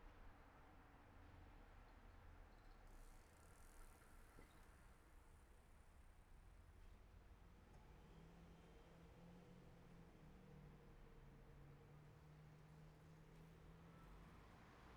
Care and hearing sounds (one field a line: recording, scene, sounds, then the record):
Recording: everyday scene through a hearing-aid microphone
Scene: in traffic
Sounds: traffic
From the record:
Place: city secondary road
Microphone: behind the ear, right, front